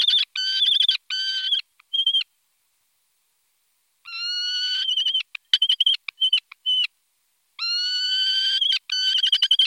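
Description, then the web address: Falcon uttering chattering bursts and long, even, harsh screams separated by quiet gaps of up to two seconds; nothing else audible. "zvuky divociny. sokol"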